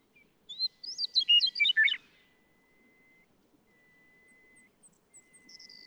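Western meadowlark song: a few clear whistled notes open it, then a quick, tumbling, gurgled phrase that falls in pitch, all within about one and a half seconds, followed by faint high chirps.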